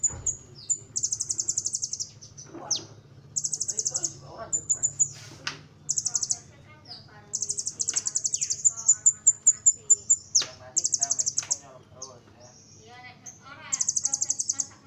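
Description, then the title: Small bird giving repeated high buzzy trills broken by sharp chirps and short notes, phrases coming every second or two over a low steady hum. "Burung Kecil"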